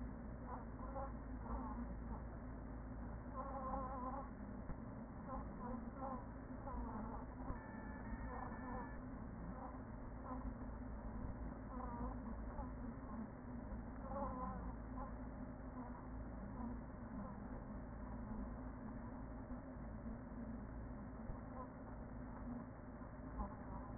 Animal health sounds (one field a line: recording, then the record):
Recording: honeybee colony, microphone inside the hive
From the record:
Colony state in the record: queen present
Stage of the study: after two queens were removed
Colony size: about 40,000 bees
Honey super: no